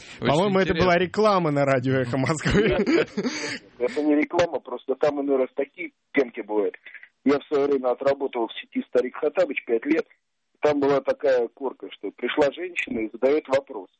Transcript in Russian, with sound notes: По-моему, это была реклама на радио Эхо Москвы (смеется)
Это не реклама, просто там иной раз такие темки бывают. Я в свое время отработал в сети «Старик Хоттабыч» пять лет, там была такая корка, что пришла женщина и задает вопрос: